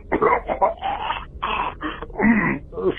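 An adult man produces a quick series of rough, voiced bursts of coughing and throat clearing over about three seconds. It is a plain, dry throat clear, not a COVID cough, performed for comedy.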